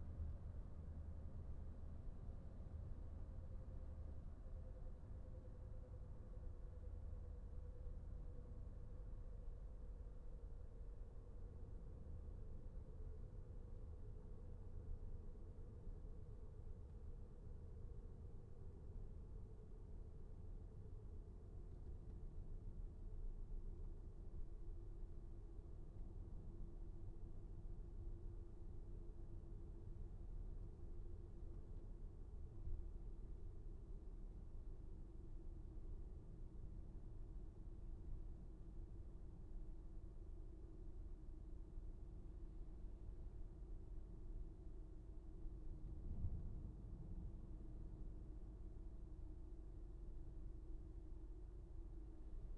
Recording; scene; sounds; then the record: everyday scene through a hearing-aid microphone; in a vehicle; engine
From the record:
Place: VW T5 Caravelle, diesel engine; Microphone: behind the ear, right, rear